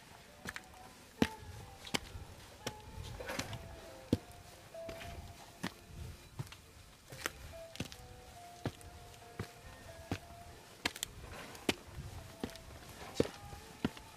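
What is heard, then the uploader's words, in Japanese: Walking on a mountain in summer: sharp, crisp footsteps land about every half second to a second throughout, some louder than others. Behind them, thin steady whistling tones come and go, likely birds, over a soft low rustle. 環境音 夏山を歩く。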